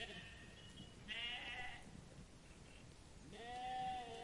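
Sheep bleating: several bleats, the last one long and quavering.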